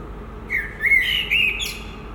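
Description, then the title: Common blackbird song: a low fluting whistled phrase that wavers and rises, then ends in a thin high squeaky twitter. Recorded at Résidence Sainte-Gertrude in the Marolles district of Brussels, Belgium, with a Sony PCM-M10 and Luhd PM-01 binaural microphones. "Marolles, 1000 Bruxelles, Belgique - Résidence Sainte-Gertrude - Merle - Blackbird"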